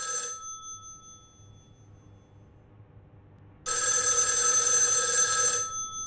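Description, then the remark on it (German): A telephone bell rings in two bursts, a short shrill ring at the start, a pause of quiet, then a longer loud ring that runs for about two seconds before cutting off; it is the phone at the Berliner Rundschau newspaper. “Golisch telefoniert, neben ihm Karl Miermann, der Redakteur.”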